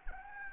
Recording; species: mosquito wingbeat signal from an infrared sensor; Anopheles gambiae